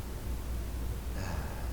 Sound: sigh